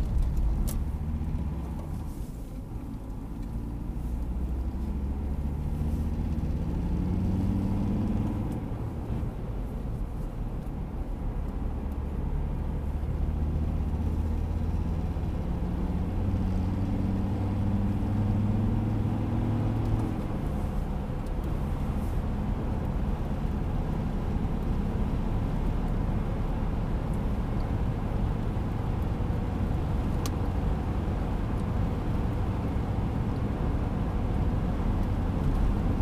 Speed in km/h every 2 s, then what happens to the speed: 19, 24, 35, 46, 53, 54, 57, 63, 71, 79, 80, 82, 85, 89, 90, 91, 93, 93.
0-36 speeds up to 93.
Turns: none.